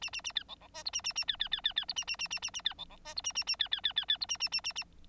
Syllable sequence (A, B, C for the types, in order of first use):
A A A B C C D E A A A B B B B B E A A A A A A B C C D E A A A B B B B B E A A A A A